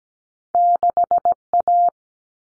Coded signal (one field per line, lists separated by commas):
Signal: Morse code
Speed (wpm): 17 wpm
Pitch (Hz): 700 Hz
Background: none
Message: 6A